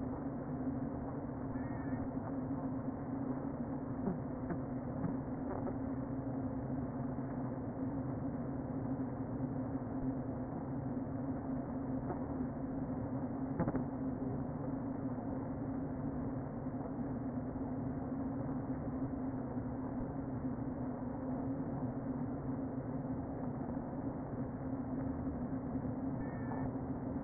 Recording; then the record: honeybee colony, microphone inside the hive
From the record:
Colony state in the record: queen present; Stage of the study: before two queens were removed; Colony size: about 60,000 bees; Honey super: yes